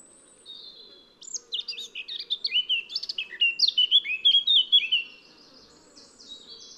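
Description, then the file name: Eurasian blackcap singing: after a faint start, a lively run of scratchy warbled notes that ends in loud pure whistles, then quiet. "Sylvia atricapilla"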